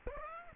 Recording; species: mosquito wingbeat signal from an infrared sensor; Aedes aegypti